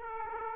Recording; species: mosquito wingbeat signal from an infrared sensor; Aedes aegypti